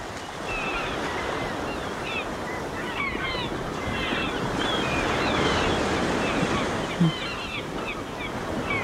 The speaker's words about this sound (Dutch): Het geluid van je jeugd. Ja, de zee. De zee, het strand, de Meeuwen in Noordwijk.